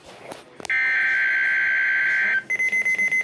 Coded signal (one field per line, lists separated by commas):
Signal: Emergency Alert System (SAME) tones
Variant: header bursts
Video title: (EAS) Required Weekly Test